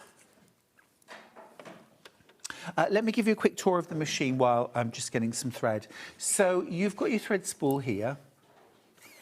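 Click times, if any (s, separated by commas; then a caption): none. Someone handles the thread spool pin on a sewing machine, making soft handling taps and rustles between about 0.8 and 2.5 seconds, while a person talks throughout. The spool pin has not clicked into place yet.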